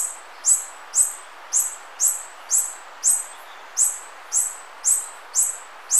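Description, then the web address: Yellow-throated bush tanager repeating a sharp, high, downslurred chip about twice a second, steady and clean with a soft background hiss. Ecuador. "Birds of Ecuador. Yellow-throated Bush-Tanager"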